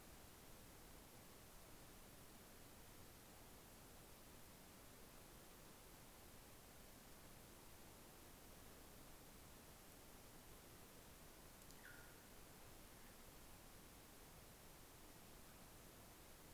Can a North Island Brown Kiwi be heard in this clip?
no